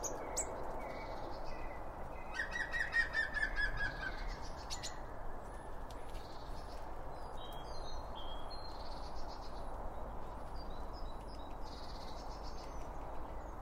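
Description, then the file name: Birds calling: a brief buzzy trill early on, then scattered high chirps and short twitters, set against a continuous low rumble. Birds around a bird feeder, recorded with two Line Audio OM1 microphones. "Birds Around Birdfeeding With Two Om 1 From Line Audio"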